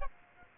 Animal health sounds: mosquito wingbeat signal from an infrared sensor; Aedes aegypti

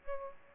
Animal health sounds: mosquito wingbeat signal from an infrared sensor; Aedes aegypti

